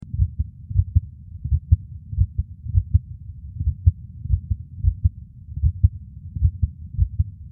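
Animal heart sounds through a stethoscope with a physiologic sinus arrhythmia: low-pitched beats whose spacing varies, the rhythm speeding up and slowing down in a regular cycle.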